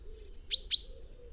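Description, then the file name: Common chaffinch giving two sharp, short call notes about a quarter second apart, each a quick bright high chip, against a low steady hum. "Fringilla coelebs"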